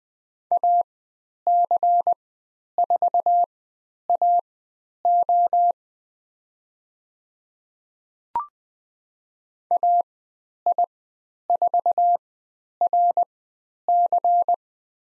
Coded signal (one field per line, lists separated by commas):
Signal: Morse code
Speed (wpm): 20 wpm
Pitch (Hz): 700 Hz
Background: none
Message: AC4AO AI4RC